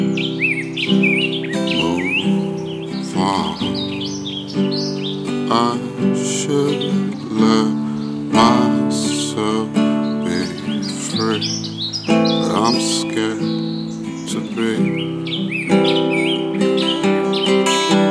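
Forest birdsong, with dense, quick chirps and rising and falling whistles that keep overlapping through the whole recording. Beneath the birds runs a steady low droning hum of layered tones, at a constant loudness with no pauses.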